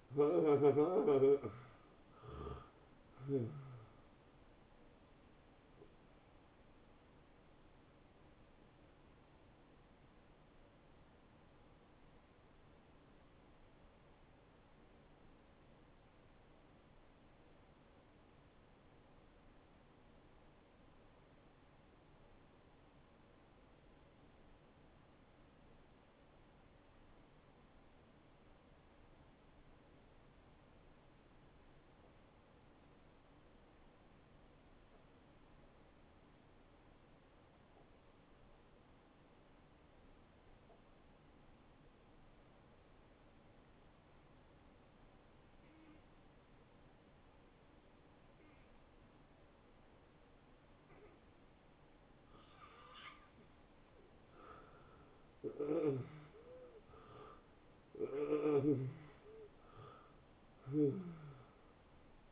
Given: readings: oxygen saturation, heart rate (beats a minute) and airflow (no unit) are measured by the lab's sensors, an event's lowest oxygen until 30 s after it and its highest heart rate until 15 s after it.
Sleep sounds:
breathing in sleep by a voice recorder at the bedside; 1
10.00-53.90 s: hypopnea (N1, oxygen 95% highest, then 78% lowest, heart rate 83 at the start, 86 highest)
35.00-62.32 s: new sleep stage, N2 (light sleep)
From the record:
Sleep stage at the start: N1 (lightest sleep); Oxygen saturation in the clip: 77 to 95%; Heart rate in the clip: 65 to 88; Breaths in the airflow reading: 8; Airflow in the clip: -20.6 to 10.4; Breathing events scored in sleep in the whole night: 263 in 5.5 hours asleep

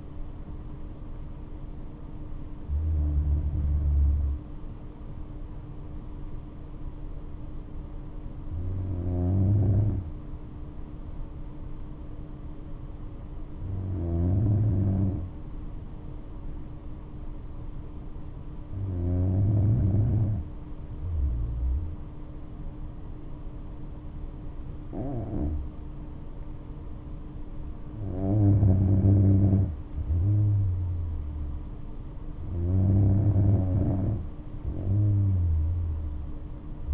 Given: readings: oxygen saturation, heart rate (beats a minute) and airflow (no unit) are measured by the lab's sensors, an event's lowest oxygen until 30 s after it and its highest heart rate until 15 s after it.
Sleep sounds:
breathing in sleep by a smartphone at the bedside; none
none scored
From the record:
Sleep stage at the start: N2 (light sleep); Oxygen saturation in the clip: 94 to 96%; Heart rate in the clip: 60 to 73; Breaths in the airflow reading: 7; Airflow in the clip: -5.8 to 6.3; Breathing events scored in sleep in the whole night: 228 in 5.4 hours asleep

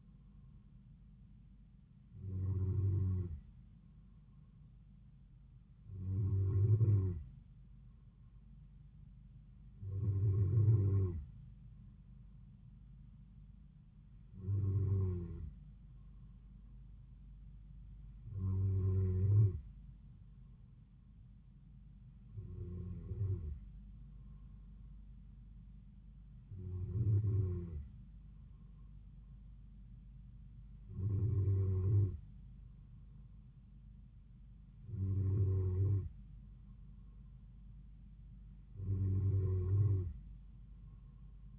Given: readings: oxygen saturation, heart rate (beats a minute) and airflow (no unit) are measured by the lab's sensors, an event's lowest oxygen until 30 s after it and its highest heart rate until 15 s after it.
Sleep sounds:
breathing in sleep by a smartphone at the bedside; none
none scored
From the record:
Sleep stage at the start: N2 (light sleep); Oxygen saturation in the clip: 93%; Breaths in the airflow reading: 10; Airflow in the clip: -3.7 to 3.2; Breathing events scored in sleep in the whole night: 270 in 6.1 hours asleep

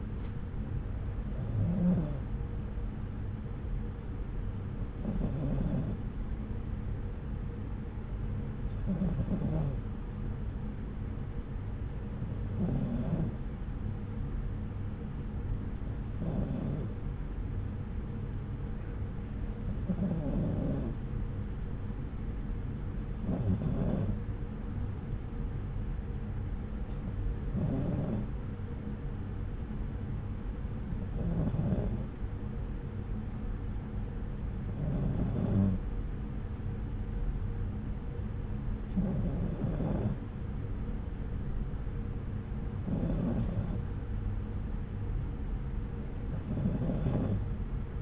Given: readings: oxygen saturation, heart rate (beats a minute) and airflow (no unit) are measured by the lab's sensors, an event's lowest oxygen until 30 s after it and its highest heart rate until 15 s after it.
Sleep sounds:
breathing in sleep by a smartphone at the bedside; none
none scored
From the record:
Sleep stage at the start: N2 (light sleep); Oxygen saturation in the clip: 93 to 94%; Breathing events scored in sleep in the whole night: 303 in 8.1 hours asleep

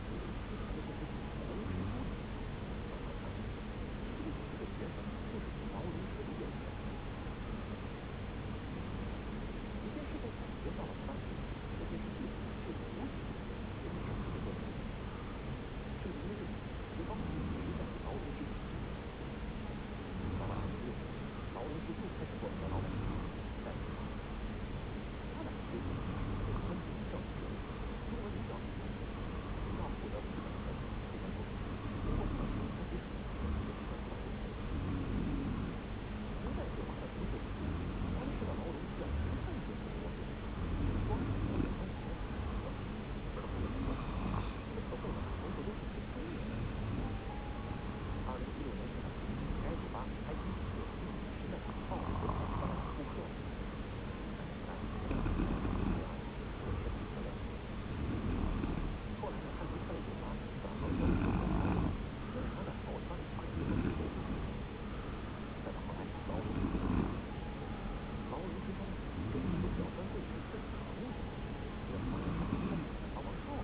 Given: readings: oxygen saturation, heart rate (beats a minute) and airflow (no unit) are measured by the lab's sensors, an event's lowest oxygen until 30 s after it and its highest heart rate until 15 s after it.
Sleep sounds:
breathing in sleep by a voice recorder at the bedside; 1
3.00-22.90 s: hypopnea (N2, oxygen 95% highest, then 91% lowest)
From the record:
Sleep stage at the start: N2 (light sleep); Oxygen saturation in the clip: 91 to 95%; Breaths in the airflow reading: 27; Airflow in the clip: -0.6 to 0.7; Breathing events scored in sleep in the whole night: 335 in 6.7 hours asleep

